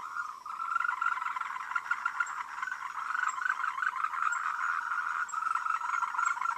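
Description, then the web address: Frogs trilling in a dense chorus, a steady mass of rapid pulsed croaks with slight swells. "voice cam frogs"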